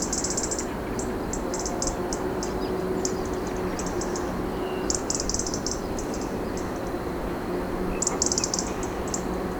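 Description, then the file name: European robin calls with a string of short, very high stuttering bursts, irregularly spaced, some longer trilled runs, over a low steady hum. "Erithacus rubecula"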